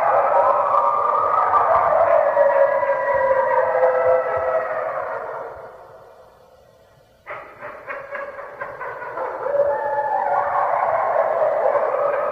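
Red wolf chorus, overlapping howls wavering and fading out, a brief lull, then short yips leading into renewed layered howling.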